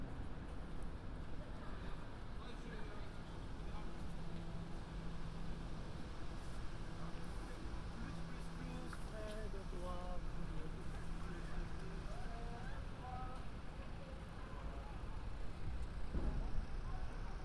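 A walk around London on New Year's Eve, filled with a steady, dense murmur of crowd voices and traffic rumble. Overlapping speech rises and falls throughout, with brighter voice fragments around ten to twelve seconds and a sharp thump near sixteen seconds.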